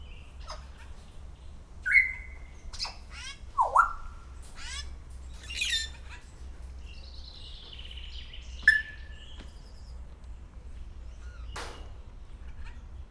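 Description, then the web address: Grey parrot giving short flat and swooping whistles, rising and falling sweeps and sharp clicks at irregular intervals, over a steady low hum. Captive bird at Szeged Zoo, recorded 2011, calling continuously every day. "allathangok szegedizoo 2011 standardt jakopapagaj folyamatosanaprankent"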